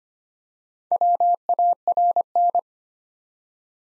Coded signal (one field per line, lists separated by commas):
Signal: Morse code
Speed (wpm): 25 wpm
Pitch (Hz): 700 Hz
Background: none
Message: WARN